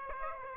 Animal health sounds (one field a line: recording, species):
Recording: mosquito wingbeat signal from an infrared sensor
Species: Aedes aegypti